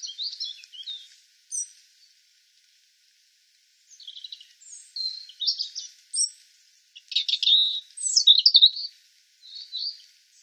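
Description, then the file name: European robin song: high, thin warbled phrases mixing sharp whistles and twittering trills, delivered in bursts separated by short pauses, with a longer silent gap near the start. "Erithacus rubecula"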